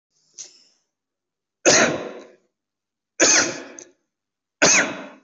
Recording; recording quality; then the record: heavy voluntary cough; excellent, no background noise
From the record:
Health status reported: COVID-19 positive, mild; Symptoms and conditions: cough, cold, diabetes, ischaemic heart disease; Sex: female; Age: 52 years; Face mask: not worn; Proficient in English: no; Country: India